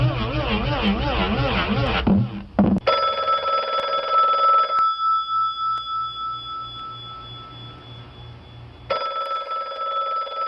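An old telephone bell rings at 9 a.m. on 2 November in the Pasolini home, in loud, harsh metallic bursts, a rapid trilling clang that stops for a few seconds and then starts again, with no voices.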